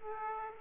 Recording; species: mosquito wingbeat signal from an infrared sensor; Aedes aegypti